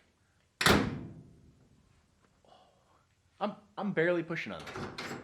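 A truck door fitted with a newly installed Trique MFG. Altman Easy Latch is pushed closed onto its striker. It latches shut with one loud thunk at 0.6 s that rings out and fades. Afterward someone talks.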